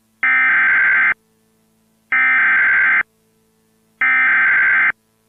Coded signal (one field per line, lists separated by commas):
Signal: Emergency Alert System (SAME) tones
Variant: header bursts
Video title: EAS Recreation (4/27/25): South Salt Lake Evacuation